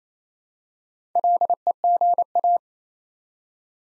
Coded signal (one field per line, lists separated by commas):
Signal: Morse code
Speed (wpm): 27 wpm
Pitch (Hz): 700 Hz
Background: none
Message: LEGA